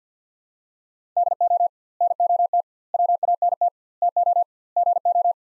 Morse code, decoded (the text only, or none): DO NOT WANT TO GO